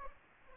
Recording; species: mosquito wingbeat signal from an infrared sensor; Aedes aegypti